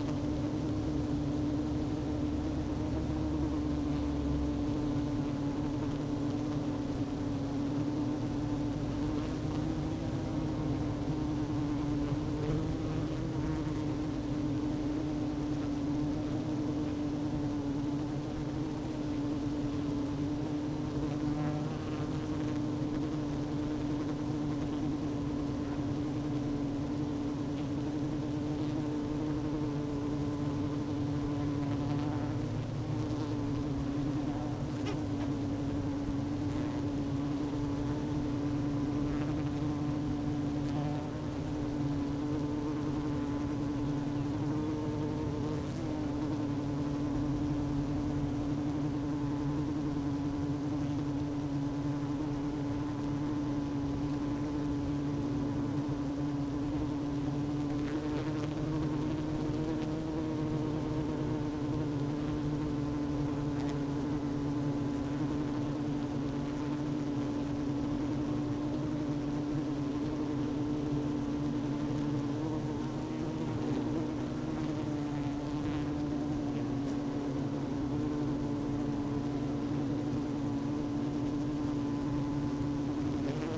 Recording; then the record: honeybee colony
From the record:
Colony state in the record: active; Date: 12 June 2018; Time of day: 11:31